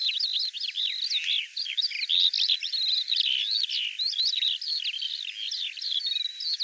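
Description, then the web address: Bird song in a continuous, hurried outpouring of high chirps, rolling trills and slurred whistles, varied from phrase to phrase. Audio cleaned and normalized. "cianscape birddata Deverinetal 2025 File cleaned normalized Bird Al Ar"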